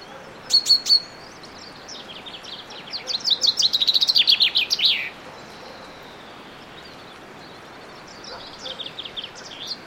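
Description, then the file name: Common chaffinch: two sharp notes, then a full descending trilled song ending in a flourish, followed by a fainter phrase amid background hiss. "Fringilla coelebs"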